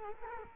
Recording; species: mosquito wingbeat signal from an infrared sensor; Culex quinquefasciatus